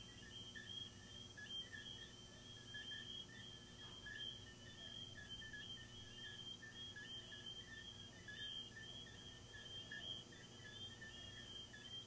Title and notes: These are relaxing asmr crickets from my garden